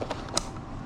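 A 3D printed interior accessory for a VW Mk3 has its clip snapped into its mount by hand. After a softer tap at 0.1 s, a single sharp, bright click rings out at 0.4 s over low background noise. The clip is seated.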